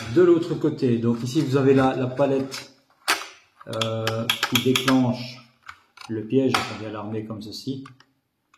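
Someone talks while arming a snap-type plastic rodent trap by hand, pushing the trigger plate/jaw toward the set position so the arming latch will catch, with a few faint handling taps between phrases. The arming latch has not clicked into its set position yet by the end of the clip.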